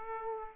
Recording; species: mosquito wingbeat signal from an infrared sensor; Aedes aegypti